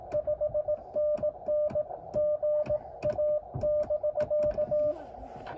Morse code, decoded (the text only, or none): 5NN GA <BK>